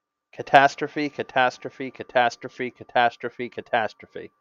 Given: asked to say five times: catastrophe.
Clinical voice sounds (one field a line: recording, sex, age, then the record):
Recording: repeated word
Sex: male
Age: 20 to 29 years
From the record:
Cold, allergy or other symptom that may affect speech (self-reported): no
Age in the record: 28 years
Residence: Massachusetts, United States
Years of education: 12